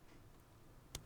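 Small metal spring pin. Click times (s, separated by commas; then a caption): 0.9 s. A quick-release spring pin on a new strap for a Garmin Forerunner 170 watch is pulled back with its lever while the strap is placed between the watch case lugs, then the lever is let go. Over a quiet, steady background, a single short, sharp click sounds at 0.9 s as the pin snaps into the lug. The strap pin is seated.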